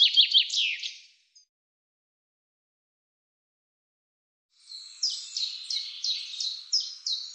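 Common chaffinch song: the tail of a descending trilled phrase, then a pause, then a new phrase of repeated bright notes that is cut off unfinished.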